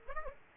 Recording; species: mosquito wingbeat signal from an infrared sensor; Aedes aegypti